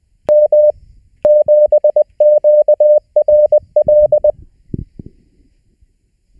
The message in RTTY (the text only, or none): none